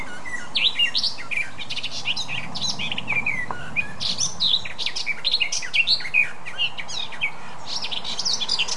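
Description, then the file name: Eurasian blackcap song, a continuous jumble of quick warbled and twittering notes with sharp clicks, lively throughout, steady background hiss and low hum. "Sylvia atricapilla"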